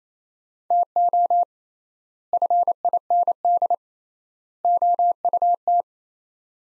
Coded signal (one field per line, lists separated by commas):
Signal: Morse code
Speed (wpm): 28 wpm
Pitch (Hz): 700 Hz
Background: none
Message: TO FIND OUT